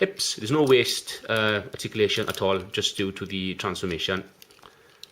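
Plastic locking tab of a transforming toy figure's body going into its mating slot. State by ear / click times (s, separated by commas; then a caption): seated / 5.0 s. Someone talks while a loose piece of a plastic Transformers Classics Hound figure, which had popped off, is pressed back into the figure's body until its plastic locking tab goes into its mating slot. After the talking stops, a few faint ticks are followed by a sharp, solid click at 5.0 s as the tab locks and the piece seats firmly back in place.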